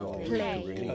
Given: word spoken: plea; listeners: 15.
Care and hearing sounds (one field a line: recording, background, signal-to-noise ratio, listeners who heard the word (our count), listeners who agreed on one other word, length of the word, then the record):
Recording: one English word in noise, from a listening test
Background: four-talker babble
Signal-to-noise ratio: 0.8 dB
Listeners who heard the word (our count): 1 of 15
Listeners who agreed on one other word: 8 of 15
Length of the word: 0.56 s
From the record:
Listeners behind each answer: 8, 6, 1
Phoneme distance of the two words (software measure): 10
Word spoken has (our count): 1 syllable, 3 phonemes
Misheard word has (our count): 1 syllable, 3 phonemes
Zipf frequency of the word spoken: 3.63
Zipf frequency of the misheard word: 5.69